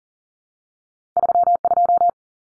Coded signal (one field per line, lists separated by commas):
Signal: Morse code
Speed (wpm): 40 wpm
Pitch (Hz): 700 Hz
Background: none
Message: 32